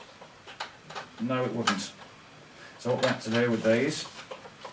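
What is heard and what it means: A plastic accessory tool is handled at its holder on a 2006 Dyson DC15 Allergy upright vacuum cleaner while someone talks, with short knocks and rubs at about 0.6 s, 0.9 s and 4.7 s. The clip ends before the part goes home, so nothing has seated or clicked into place yet.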